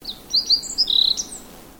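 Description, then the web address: Bird call: a quick burst of thin, high chirps and short whistled slurs, with a brief trill in the middle. "Sound Effects-Foundation 1 BIRD 05 CALL 05"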